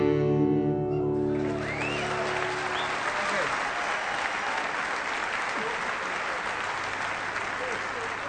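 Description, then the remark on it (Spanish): A held musical note fades out in the first second or so, then a crowd breaks into loud, steady applause that continues evenly to the end. “Y aplaude.”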